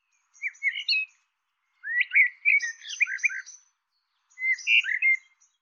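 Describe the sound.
Bird calling in three bursts of quick chirping, twittering notes, warbled and varied, with short pauses between bursts.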